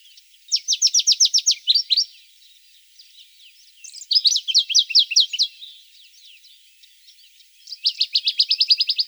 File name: Penochka buraja